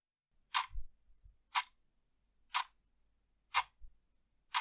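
A wall clock ticks steadily, five crisp clicks spaced about a second apart, each with a soft low thump beneath it, fairly quiet with nothing else around.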